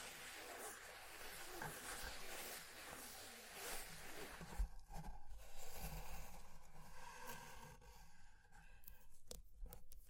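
Fire crackling with a dense, rustling hiss through the first four seconds, plus scratchy scraping. A sharp low thump lands just before five seconds, after which the crackle thins into softer, scattered pops and taps, ending with a few bright snaps near the close.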